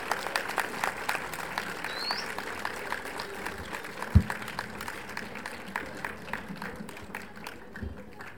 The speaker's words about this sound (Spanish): Un aplauso, que se escuche, que ánimo, hace ánimo, ahí va.